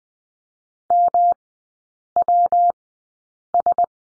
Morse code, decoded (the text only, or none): MWS